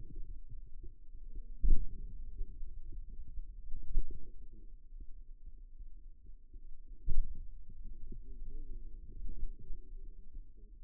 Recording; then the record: forearm muscle sounds (acoustic myography)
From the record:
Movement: pen grasping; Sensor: system 2, bracelet of six BSWA MPA416 microphones around the upper forearm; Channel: 2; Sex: male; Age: 22 years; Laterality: right